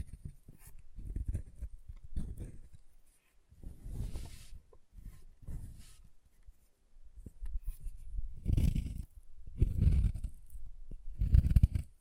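Chalk being carved and cut, heard as a series of low, grinding scrapes in bursts about a second long. Some strokes carry a brighter, gritty edge. The bursts grow louder and denser toward the end, with short quiet gaps between strokes.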